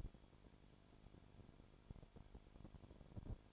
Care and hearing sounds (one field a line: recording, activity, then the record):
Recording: daily activity, microphone in the room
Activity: no activity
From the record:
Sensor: 5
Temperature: 20.2 degrees Celsius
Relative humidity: 36.4%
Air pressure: 1001.2 hPa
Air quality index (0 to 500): 177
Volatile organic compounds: 4 ppm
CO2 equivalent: 1611 ppm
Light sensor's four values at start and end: 2/3/1/1 and 2/3/1/1